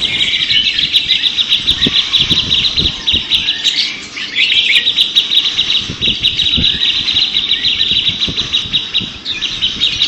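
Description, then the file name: Grey-cheeked bulbul song, a continuous high, harsh chatter with rapid notes, plus a few soft low knocks in the background. Simulated songbird contest recording featuring a trio of birds. "audio simulasi lomba cucak jenggot trio omkicau"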